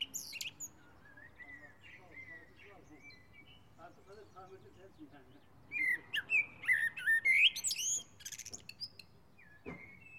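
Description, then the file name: Common blackbird with soft warbling notes, then a louder run of fluty phrases breaking into high, thin, squeaky twitters; quiet background between phrases. "Turdus merula"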